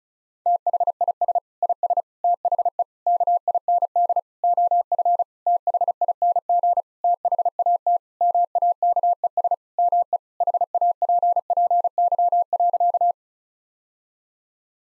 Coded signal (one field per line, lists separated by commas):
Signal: Morse code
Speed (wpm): 34 wpm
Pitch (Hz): 700 Hz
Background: none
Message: THIS IS THE KIND OF THING THAT MAKES ME HAPPY.